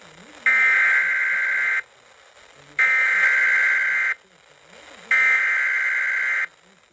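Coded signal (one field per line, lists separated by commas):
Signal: Emergency Alert System (SAME) tones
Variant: header bursts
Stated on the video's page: Broadcast on an FM radio station.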